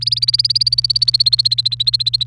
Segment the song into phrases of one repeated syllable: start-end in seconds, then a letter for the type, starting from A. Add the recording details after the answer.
0.01-2.27 A. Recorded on 29 April 2018 at 18:15. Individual llb3